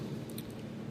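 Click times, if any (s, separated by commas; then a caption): 0.3 s, 0.4 s. The plastic legs of a transforming robot toy are brought up into their folded position on the body during transformation. Two soft, light clicks are heard at 0.3 s and 0.4 s over a steady low hum, and the legs lock into place, seated.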